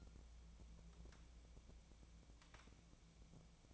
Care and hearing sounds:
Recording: daily activity, microphone in the room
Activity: take from stove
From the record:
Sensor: 1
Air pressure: 1000.0 hPa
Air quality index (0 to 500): 133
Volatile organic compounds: 2 ppm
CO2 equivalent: 1260 ppm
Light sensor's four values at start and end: 41/104/44/55 and 41/104/44/55

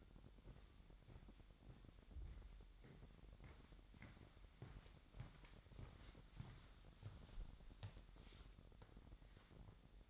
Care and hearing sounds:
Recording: daily activity, microphone in the room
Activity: walk to room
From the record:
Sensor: 3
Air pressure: 1012.2 hPa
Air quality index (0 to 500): 167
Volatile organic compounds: 2 ppm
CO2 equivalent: 1263 ppm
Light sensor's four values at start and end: 131/312/129/118 and 48/116/51/49

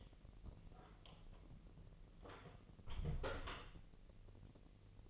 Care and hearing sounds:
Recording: daily activity, microphone in the room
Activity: close door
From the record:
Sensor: 4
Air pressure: 1002.3 hPa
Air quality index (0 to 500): 250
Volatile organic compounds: 42 ppm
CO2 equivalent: 3180 ppm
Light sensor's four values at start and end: 10/22/9/8 and 10/23/9/8

